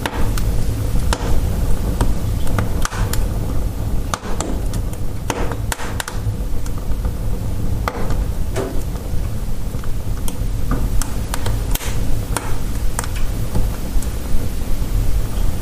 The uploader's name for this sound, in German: Die Magie des Kaminofens